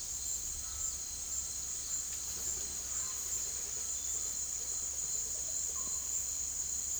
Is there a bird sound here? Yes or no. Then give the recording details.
no. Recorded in secondary vegetation near Puerto Asís, Putumayo, Colombia, on 20 February 2024 at 17:30. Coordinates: 0.481, -76.323. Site G6376